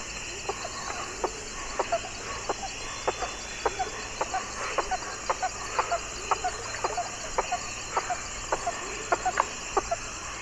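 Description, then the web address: Wattled jacana giving sharp clicking notes in a steady series over a constant high drone. Calls; eastern lowlands of South America. "Natures Songs S America Eastern Lowlands. Jacana jacana"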